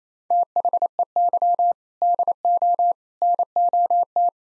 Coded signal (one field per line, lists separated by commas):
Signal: Morse code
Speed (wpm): 28 wpm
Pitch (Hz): 700 Hz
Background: none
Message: THEY DO NOT